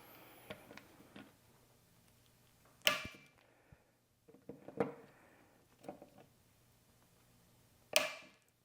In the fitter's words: again as the manual States I've got my T25 bit in here and then I'm just going to tighten these down until it clicks